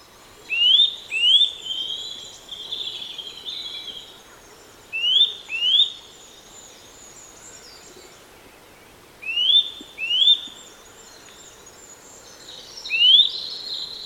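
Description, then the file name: Eurasian nuthatch calling in quick pairs of rising whistled notes and a final single note, separated by several seconds of quiet, with faint high twittering behind. "Sitta europaea"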